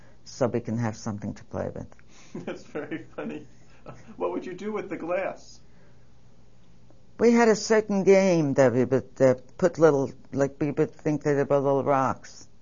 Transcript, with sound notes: so we could have something to play with.
(He laughs.) That's very funny. What would you do with the glass?
We had a certain game that we would, uh, put little, like, we would think they were little rocks.